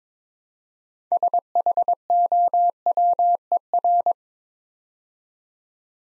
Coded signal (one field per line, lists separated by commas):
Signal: Morse code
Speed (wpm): 22 wpm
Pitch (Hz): 700 Hz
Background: none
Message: SHOWER